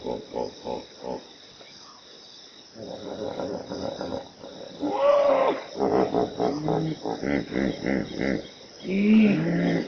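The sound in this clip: Hippopotamus calls: rhythmic honking grunts that build into a loud, wheezy pulsing chorus, with a steady high drone throughout.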